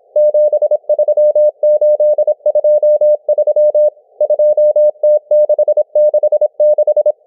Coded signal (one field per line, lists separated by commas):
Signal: Morse code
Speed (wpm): 26 wpm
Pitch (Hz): 600 Hz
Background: none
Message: 73823 2T666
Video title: M12 Morse Code Numbers 01/02/2024 1420 UTC 17473kHz